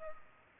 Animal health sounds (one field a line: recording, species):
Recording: mosquito wingbeat signal from an infrared sensor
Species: Culex pipiens